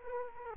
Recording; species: mosquito wingbeat signal from an infrared sensor; Culex quinquefasciatus